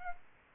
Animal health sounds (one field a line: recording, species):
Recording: mosquito wingbeat signal from an infrared sensor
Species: Aedes aegypti